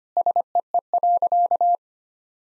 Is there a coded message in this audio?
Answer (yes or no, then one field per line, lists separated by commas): yes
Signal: Morse code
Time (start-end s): 0.2-1.8 s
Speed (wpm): 25 wpm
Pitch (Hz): 700 Hz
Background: none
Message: SEE.